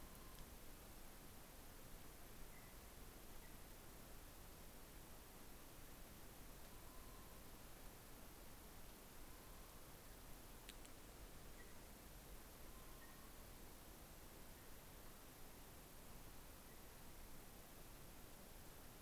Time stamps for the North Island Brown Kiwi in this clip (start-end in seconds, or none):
none